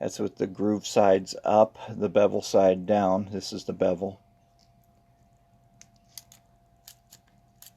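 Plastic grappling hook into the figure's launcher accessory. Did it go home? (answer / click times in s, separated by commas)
yes / 6.2 s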